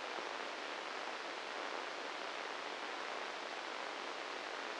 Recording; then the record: brain microelectrode recording played as sound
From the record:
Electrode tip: inside the subthalamic nucleus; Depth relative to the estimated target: 1 mm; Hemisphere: right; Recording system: NeuroSet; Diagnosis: Parkinson's disease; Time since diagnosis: 10 years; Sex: male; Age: 56 years